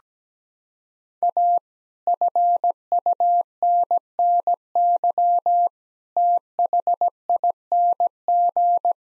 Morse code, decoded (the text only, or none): A FUNNY THING